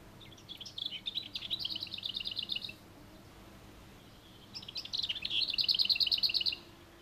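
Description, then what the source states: Lesser Whitethroat song: two bursts of fast, dry rattling trills, each about two seconds long, separated by a pause of about two seconds, with soft scratchy notes leading into each rattle. Weighs about 15 grams; night migrant that winters in eastern Africa, leaving in autumn and returning to its home area in spring.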